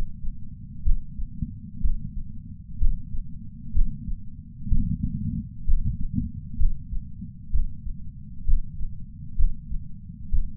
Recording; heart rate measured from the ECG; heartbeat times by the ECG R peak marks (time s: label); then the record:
heart sounds by patch sensor on the chest; 63 bpm
0.84 s: heartbeat
1.82 s: heartbeat
2.80 s: heartbeat
3.74 s: heartbeat
4.70 s: heartbeat
5.66 s: heartbeat
6.58 s: heartbeat
7.52 s: heartbeat
8.46 s: heartbeat
9.37 s: heartbeat
10.31 s: heartbeat
From the record:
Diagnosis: coronary artery disease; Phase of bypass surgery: preoperative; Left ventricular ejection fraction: 60.1%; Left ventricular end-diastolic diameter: 44 mm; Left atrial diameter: 31 mm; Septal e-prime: 6.8 cm/s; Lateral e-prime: 9.8 cm/s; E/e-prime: 5.9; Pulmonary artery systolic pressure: 20 mmHg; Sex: male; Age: 60 years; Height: 167 cm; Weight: 58 kg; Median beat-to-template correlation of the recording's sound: 0.95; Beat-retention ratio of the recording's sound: 0.99